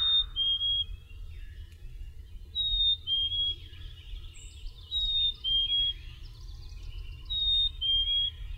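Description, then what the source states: Black-capped chickadee repeating a sweet, descending two-note whistle four times at steady intervals of about two and a half seconds, against persistent low rumbling noise. Recorded on 13 May 2001; the recording is described as noisy.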